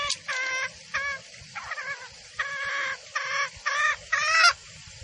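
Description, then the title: Junglefowl clucking: several harmonic notes given irregularly over five seconds. Female junglefowl call used as a lure for trapping birds in the forest. "Pancingan Suara Ayam Hutan Betina. Suara ayam hutan jantan buat masteran pikat di hutan"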